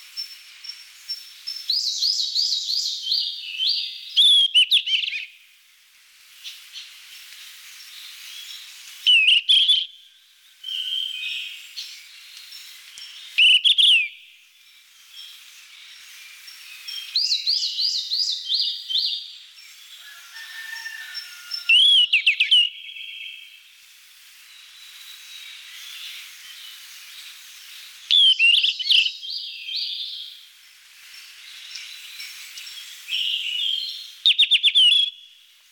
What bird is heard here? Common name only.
Yellow-rumped Flycatcher